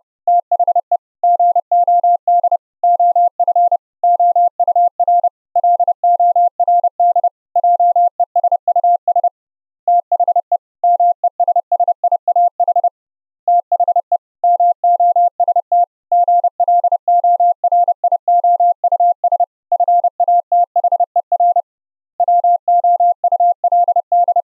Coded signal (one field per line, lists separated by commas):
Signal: Morse code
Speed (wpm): 30 wpm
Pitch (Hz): 700 Hz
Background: none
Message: THE GOD OF OUR LORD JESUS THE MESSIAH THE MOST GLORIOUS FATHER WOULD